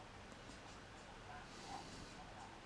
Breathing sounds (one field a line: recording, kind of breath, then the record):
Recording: one breath in and out by a microphone near the nose and mouth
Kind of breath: normal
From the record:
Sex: male